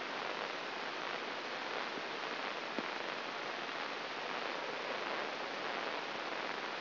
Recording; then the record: brain microelectrode recording played as sound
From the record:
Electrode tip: inside the subthalamic nucleus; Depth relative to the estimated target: 3.5 mm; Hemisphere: right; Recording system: AlphaMap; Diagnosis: Parkinson's disease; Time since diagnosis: 11 years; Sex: male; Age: 66 years